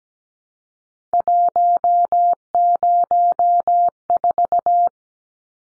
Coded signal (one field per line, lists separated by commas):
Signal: Morse code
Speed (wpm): 17 wpm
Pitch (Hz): 700 Hz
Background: none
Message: 104